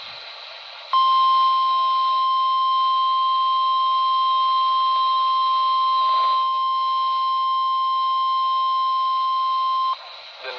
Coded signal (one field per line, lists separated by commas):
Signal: Emergency Alert System (SAME) tones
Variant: 1050 Hz attention tone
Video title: (EAS "#715") MRX Severe Thunderstorm Warning from WNG588 (Jefferson, NC) - 4/15/2025